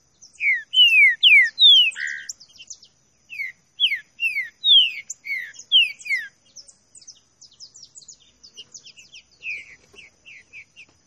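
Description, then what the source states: Green-winged saltator song: loud, clear whistled notes sliding downward, given in quick phrases, with fainter high twittering notes between and after them. Classic song style (canto clássico), used for training.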